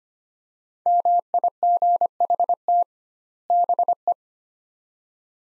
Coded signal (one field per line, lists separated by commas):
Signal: Morse code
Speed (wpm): 25 wpm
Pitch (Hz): 700 Hz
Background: none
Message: MIGHT BE